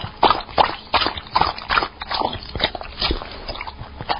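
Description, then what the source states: Dog drinking, steady wet lapping strokes close together, nearly three per second. Drinking water.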